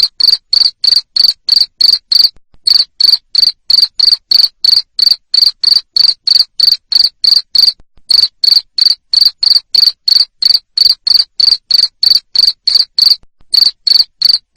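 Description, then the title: Cricket chirping continuously, high trilled pulses in quick regular succession, a few short breaks between runs. Loud cricket chirping used to make lovebirds sing continuously. "Suara JANGKRIK NGERIK Keras Bikin LOVEBIRD Jadi NGEKEK Terus Vubey"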